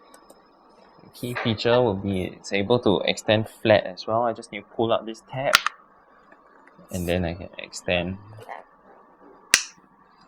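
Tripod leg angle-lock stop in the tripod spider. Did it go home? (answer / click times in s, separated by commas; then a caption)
yes / 9.5 s. Someone talks while pulling out the leg-angle tab on a Gitzo GT3543XLS tripod and swinging a leg outward toward flat. The leg angle-lock stop in the tripod spider engages with a single sharp, loud click at 9.5 s, clicking into place on its own.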